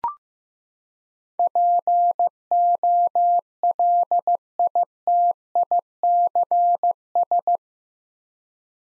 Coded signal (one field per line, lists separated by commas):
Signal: Morse code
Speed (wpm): 15 wpm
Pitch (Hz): 700 Hz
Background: none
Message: POLITICS